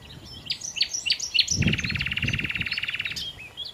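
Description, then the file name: Common nightingale song: several sharp chirps, then a long, fast, even rattling trill of about a second and a half, with low background rumble. "Nachtigall"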